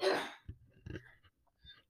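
A single harsh, noisy burst opens and fades within a fraction of a second, followed by faint low murmurs and near-silence in a small room. It is one cough from an adult woman, made turned to the side, away from the microphone, so it sounds muffled and distant.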